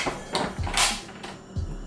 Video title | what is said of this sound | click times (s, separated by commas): The ULTIMATE Ninja Creami Protein Ice Cream Recipe 🍨 | now it's locked going say top full bottom depending on how much fluid and how much ingredients you got in there | 0.4 s, 0.8 s